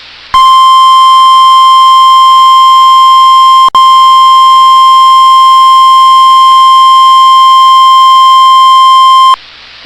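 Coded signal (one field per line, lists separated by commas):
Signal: Emergency Alert System (SAME) tones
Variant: 1050 Hz attention tone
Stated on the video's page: Four severe thunderstorm warning SAME alerts about ten minutes apart on NOAA Weather Radio WXM99.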